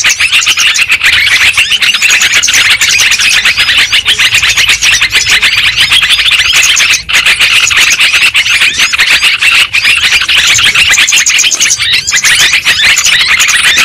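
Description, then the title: Loud, unbroken lovebird flock chatter, shrill squeaks and twitters layered thickly, with one short gap midway. Lure sound used for trapping lovebirds. "PIKAT BURUNG LOVEBIRD"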